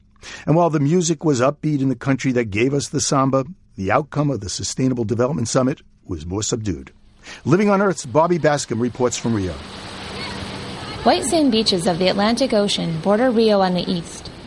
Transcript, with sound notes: And while the music was upbeat in the country that gave us the samba, the outcome of the sustainable development summit was more subdued. Living on Earth’s Bobby Bascomb reports from Rio:
[SOUND OF WAVES]
White sand beaches of the Atlantic Ocean border Rio on the east.